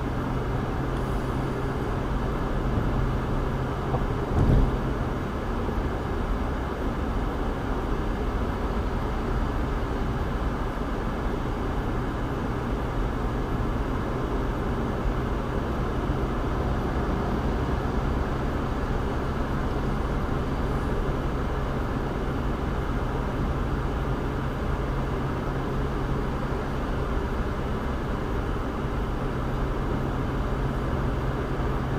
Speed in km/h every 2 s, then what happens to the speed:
82, 82, 81, 79, 77, 76, 77, 81, 82, 84, 85, 84, 84, 84, 82, 82.
0-11 steady at about 79. 11-20 speeds up to 85. 20-32 steady at about 84.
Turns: none.